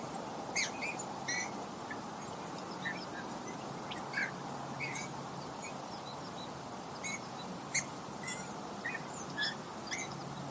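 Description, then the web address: Birds twittering with short high chirps at irregular intervals over a steady broad hiss. "linnut livertely"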